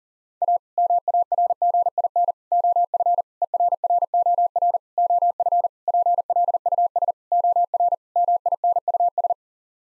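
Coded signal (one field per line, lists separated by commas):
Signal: Morse code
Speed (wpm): 40 wpm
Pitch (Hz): 700 Hz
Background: none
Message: A MARGIN OF ERROR OF PLUS OR MINUS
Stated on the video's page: Head-copy practice drill of common eight-word groups sent at 40 wpm, each set sent, spoken, then sent again.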